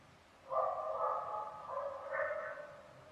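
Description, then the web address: Coyote: a brief wavering howl lasting about two seconds, rising higher near its end. Coyotes recorded on 5 November 2015. "20151105 coyotes"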